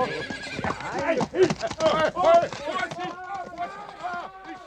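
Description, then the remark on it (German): A horse whinnies in loud, wavering bursts while its hooves clip-clop in a quick, uneven rhythm as someone tries to ride it, the neighs rising and falling over the steady clatter of steps. “Auf, Pferd. Los.”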